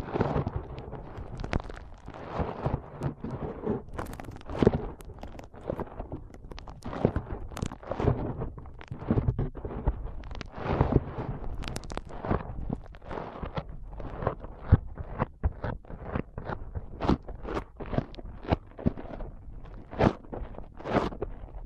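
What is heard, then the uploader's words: Squishy foam rubbing and pressing, with dense, irregular bursts of crackle and scratch that reach up into bright hiss. Strokes come quickly and unevenly throughout, some sharp and clicky, others soft and muffled, with no steady background behind them. ASMR Powerful Foam Brain Massage.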